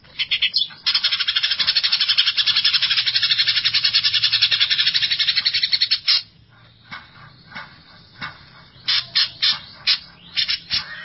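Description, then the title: Greater Green Leafbird giving a long, rapid grating rattle for about five seconds, followed by a pause and a series of separate harsh notes. "Cucak ijo"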